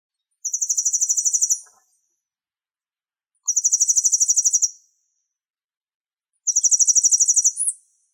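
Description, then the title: Bird song of three high, rapid buzzy trills, each about a second long, repeated every three seconds against a silent background. "LuckyPassaros CompletosSama"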